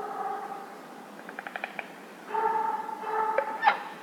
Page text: Вечер на озере вблизи деревни (серая цапля, собаки)